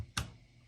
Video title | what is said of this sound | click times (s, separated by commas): 13 GPU Capacity Mining Rig Setup 1/2 - Hardware | in until i hear that click | 0.2 s